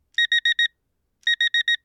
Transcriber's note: fx: digital alarm clock